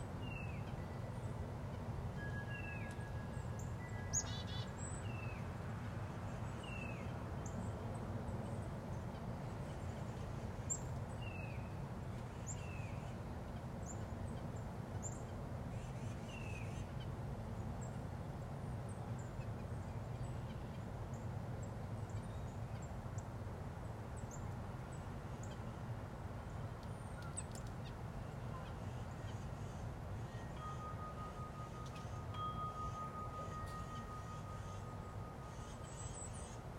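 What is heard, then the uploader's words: A goldfinch sings in short, bright chirps and twitters, scattered through the whole stretch every second or so, with a few high whistled notes between. Underneath runs a steady low rumble like traffic, and a thin held tone appears near the end. A bright yellow goldfinch gets in on the action.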